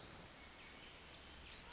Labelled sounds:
Pacific Wren

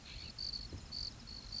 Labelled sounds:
California Scrub-Jay

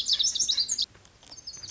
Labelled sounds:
Lazuli Bunting

